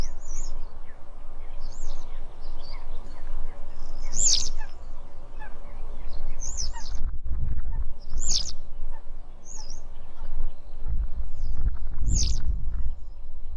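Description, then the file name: Citrine wagtail calling with short, high notes at irregular intervals against a constant deep rumble. "Canto da alveola citrina"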